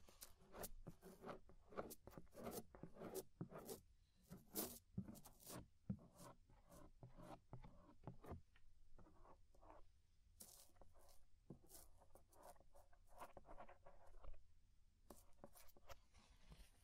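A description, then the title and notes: Scraping of the inner and outer ear, heard as a dense run of short, scratchy rasps and crackles that come irregularly, several per second, for the whole span. Some strokes are sharp and bright, others duller and rubbing, over a faint low, steady hum. Inner and Outer Ear Scraping (No Talking).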